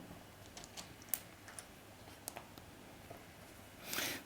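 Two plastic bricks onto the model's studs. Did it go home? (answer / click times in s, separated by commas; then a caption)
yes / 1.1 s, 2.3 s. Two brown plastic toy bricks are pressed onto the studs on top of a hinge part of a model. Two sharp clicks are heard at 1.1 s and 2.3 s among quieter small taps, followed by a brief hiss near 3.9 s. Both bricks seat on the studs.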